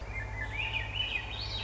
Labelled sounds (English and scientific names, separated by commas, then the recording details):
Swainson's Thrush (Catharus ustulatus)
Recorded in Sonoma County, California